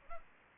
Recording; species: mosquito wingbeat signal from an infrared sensor; Aedes aegypti